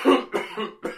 Adult Man Coughing.